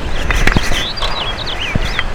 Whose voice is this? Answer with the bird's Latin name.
Haemorhous mexicanus